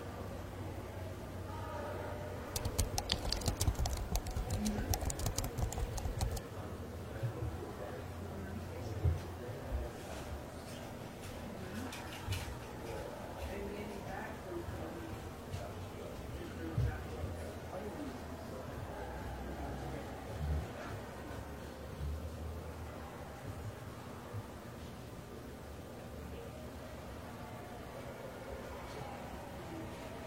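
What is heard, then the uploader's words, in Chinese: Library ambience with a steady low murmur of voices and a continuous soft hum. A burst of sharp rustling and clicking, like paper or keys, fills roughly seconds 3 to 6, then scattered small taps and knocks recur through the rest. 公共图书馆沉浸式学习 图书馆环境音 打字声 写字翻书。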